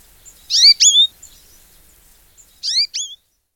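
European goldfinch calls: two pairs of bright, twanging chirps, the pairs about one and a half seconds apart.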